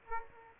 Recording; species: mosquito wingbeat signal from an infrared sensor; Aedes aegypti